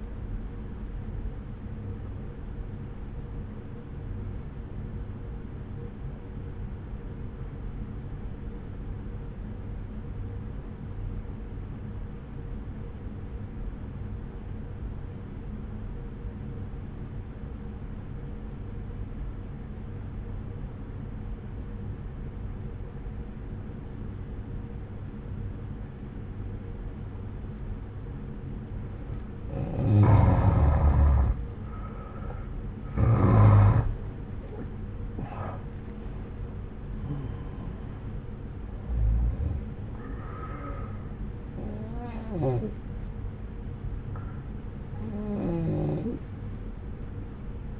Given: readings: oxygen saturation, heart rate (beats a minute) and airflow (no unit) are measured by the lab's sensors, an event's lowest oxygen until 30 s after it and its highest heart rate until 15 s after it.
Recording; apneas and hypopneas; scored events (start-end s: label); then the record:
breathing in sleep by a smartphone at the bedside; 1
4.00-31.10 s: obstructive apnea (N1, oxygen 95% highest, then 85% lowest)
From the record:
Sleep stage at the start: N1 (lightest sleep); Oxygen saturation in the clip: 86 to 95%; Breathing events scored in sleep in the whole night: 303 in 8.1 hours asleep